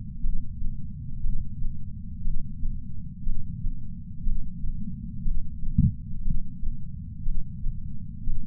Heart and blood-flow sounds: heart sounds by patch sensor on the chest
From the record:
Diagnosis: coronary artery disease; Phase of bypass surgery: preoperative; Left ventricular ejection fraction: 61.7%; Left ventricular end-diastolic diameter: 51 mm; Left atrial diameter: 34 mm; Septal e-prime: 7.2 cm/s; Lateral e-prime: 9.6 cm/s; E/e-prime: 6.5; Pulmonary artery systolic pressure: 19 mmHg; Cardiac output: 4.98 L/min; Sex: male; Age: 62 years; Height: 172 cm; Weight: 60 kg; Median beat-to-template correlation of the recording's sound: 0.89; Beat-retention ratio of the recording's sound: 1.00

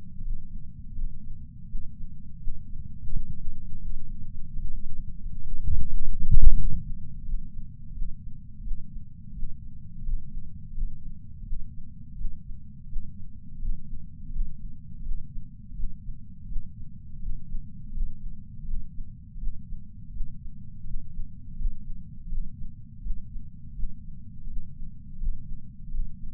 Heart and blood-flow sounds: heart sounds by patch sensor on the chest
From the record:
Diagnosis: coronary artery disease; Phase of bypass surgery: preoperative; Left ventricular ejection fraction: 50.8%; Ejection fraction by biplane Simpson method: 50%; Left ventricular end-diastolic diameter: 50 mm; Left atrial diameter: 32 mm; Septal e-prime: 7.2 cm/s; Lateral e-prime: 9.1 cm/s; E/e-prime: 8.5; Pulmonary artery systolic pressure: 23 mmHg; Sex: male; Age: 65 years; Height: 170 cm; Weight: 65 kg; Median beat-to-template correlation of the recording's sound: 0.75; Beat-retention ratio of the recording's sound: 0.96

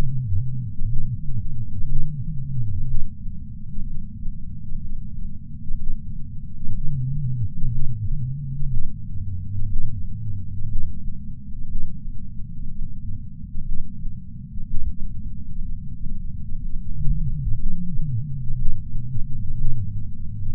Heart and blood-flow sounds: heart sounds by patch sensor on the chest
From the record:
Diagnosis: coronary artery disease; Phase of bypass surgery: preoperative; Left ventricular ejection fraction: 56.8%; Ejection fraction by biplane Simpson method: 51.5%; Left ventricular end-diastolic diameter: 44 mm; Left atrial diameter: 36 mm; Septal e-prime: 5.5 cm/s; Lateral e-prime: 7.2 cm/s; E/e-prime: 9.8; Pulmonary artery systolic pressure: 20 mmHg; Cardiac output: 4.1 L/min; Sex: male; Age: 71 years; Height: 160 cm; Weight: 67 kg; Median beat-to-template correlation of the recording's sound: 0.83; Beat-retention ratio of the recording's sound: 0.99

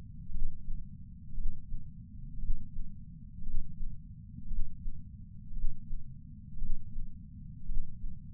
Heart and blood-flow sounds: heart sounds by patch sensor on the chest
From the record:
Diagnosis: coronary artery disease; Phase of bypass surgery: intraoperative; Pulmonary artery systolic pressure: 28 mmHg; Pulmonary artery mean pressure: 14 mmHg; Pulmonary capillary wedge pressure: 11 mmHg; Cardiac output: 5.5 L/min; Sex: male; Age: 57 years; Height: 175 cm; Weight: 80 kg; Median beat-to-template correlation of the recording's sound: 0.94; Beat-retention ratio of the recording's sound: 0.97

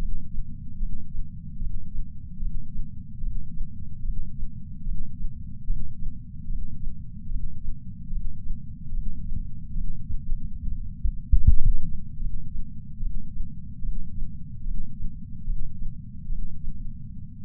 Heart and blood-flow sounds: heart sounds by patch sensor on the chest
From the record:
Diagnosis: coronary artery disease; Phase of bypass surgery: intraoperative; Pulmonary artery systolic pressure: 24 mmHg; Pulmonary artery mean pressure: 17 mmHg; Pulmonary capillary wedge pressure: 7 mmHg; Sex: male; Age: 66 years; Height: 176 cm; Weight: 74.5 kg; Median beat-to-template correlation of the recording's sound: 0.83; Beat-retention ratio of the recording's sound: 1.00

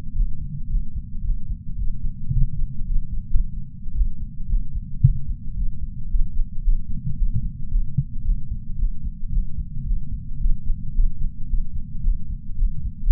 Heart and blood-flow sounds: heart sounds by patch sensor on the chest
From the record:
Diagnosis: coronary artery disease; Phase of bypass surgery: postoperative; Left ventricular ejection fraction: 58.9%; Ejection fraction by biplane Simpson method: 44.4%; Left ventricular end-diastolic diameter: 54 mm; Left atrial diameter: 37 mm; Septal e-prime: 4.3 cm/s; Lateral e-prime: 5.9 cm/s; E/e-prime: 16.9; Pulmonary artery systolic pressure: 25 mmHg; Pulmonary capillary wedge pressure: 7 mmHg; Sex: male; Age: 66 years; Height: 165 cm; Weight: 65 kg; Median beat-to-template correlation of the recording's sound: 0.77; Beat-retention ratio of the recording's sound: 0.99

